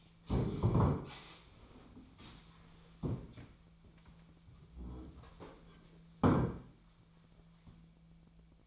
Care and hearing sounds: daily activity, microphone in the room; stand up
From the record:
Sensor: 1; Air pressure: 1008.1 hPa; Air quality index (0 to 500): 191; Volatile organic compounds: 17 ppm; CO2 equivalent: 2588 ppm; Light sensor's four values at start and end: 13/34/13/15 and 13/32/13/14

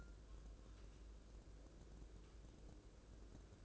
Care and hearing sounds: daily activity, microphone in the room; take from stove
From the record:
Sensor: 2

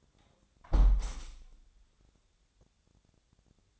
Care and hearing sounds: daily activity, microphone in the room; close window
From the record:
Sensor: 3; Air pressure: 1000.5 hPa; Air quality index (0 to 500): 143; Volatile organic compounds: 2 ppm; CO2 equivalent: 1244 ppm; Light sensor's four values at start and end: 13/34/13/15 and 13/34/13/15

